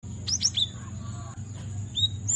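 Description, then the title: Cinereous tit giving high whistled notes, a few quick descending slurs then a couple of single notes, over a steady low hum. Tutoring recording (masteran) used to train cage birds to sing. "Masteran Gelatik Batu"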